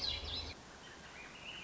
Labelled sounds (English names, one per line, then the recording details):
Swainson's Thrush
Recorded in Sonoma County, California